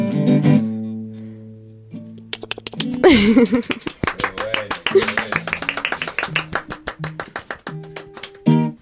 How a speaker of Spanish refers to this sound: Aplausos, aplausos, muchísimos aplausos, muchísimos aplausos.